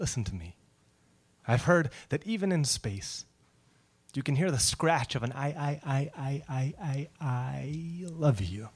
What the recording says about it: Even now, after hundreds of hours practicing away my stutter, I still feel the claw of meaning in the bottom of my throat.